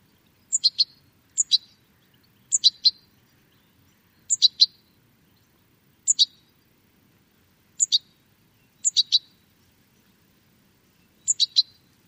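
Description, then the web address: Bird calls: short high chirps, usually in pairs or threes, repeated about every one to two and a half seconds against a quiet background. "Deverinetal. Bird Only"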